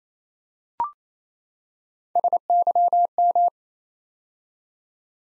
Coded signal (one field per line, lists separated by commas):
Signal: Morse code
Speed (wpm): 28 wpm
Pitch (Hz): 700 Hz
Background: none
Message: SYM